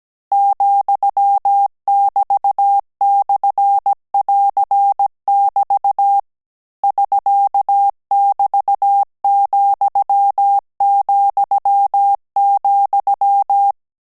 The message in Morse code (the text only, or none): ,<BT>/<AR><BT> <SK><BT>,,,